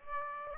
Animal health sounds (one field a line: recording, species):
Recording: mosquito wingbeat signal from an infrared sensor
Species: Aedes aegypti